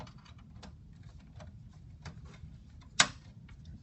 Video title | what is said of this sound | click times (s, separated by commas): Dell Optiplex 7000 Small Form Factor Unbox and Upgrade | oh I think okay that snaps back in | 3.0 s